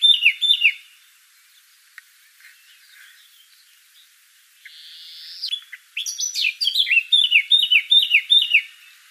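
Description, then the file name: Eurasian blackcap giving a short burst of notes, then quiet with a brief hiss, followed by a longer run of quick repeated falling notes. "Sylvia atricapilla"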